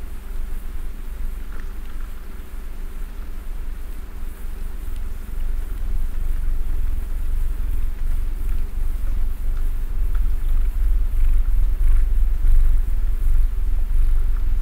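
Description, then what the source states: Domestic cat purr, a continuous deep throbbing that grows louder through the second half, with light scratchy rustles. Cat snuggling while purring.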